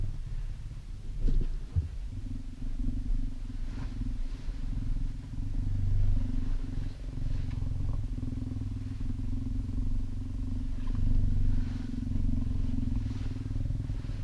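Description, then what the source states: Cheetah purring, a deep, steady rumbling drone that holds throughout. Tame cheetah, lying in a bed.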